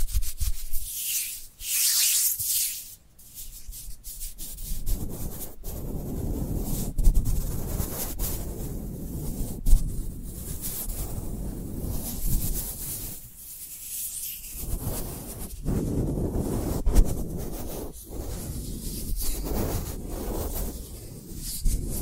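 Dry hands rubbing and brushing against each other in an uneven, continuous stream of scratchy friction. The first few seconds are thin and hissy, then the rubbing turns fuller and lower, broken by short sharp slaps or taps around 5, 10, 15 and 18 seconds.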